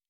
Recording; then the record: hydrophone in a shrimp aquaculture tank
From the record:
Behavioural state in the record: normal